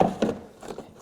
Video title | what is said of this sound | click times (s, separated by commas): Toro 21 Inch 60V MAX Flex Force Stripe Lawn Mower Review | and locks into place right there that's it | 0.2 s